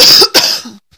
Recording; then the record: coughing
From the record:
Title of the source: November cold (wet coughing)